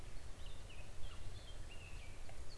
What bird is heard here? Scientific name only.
Sylvia atricapilla